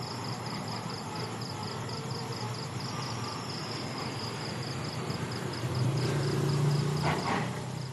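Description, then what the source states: Crickets pulsing regularly and high while a vehicle passes, its rumble swelling near the end. Night insects recorded at night in Vietnam, with distant industrial construction and a passing vehicle.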